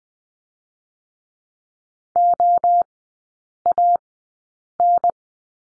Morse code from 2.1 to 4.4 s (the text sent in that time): O A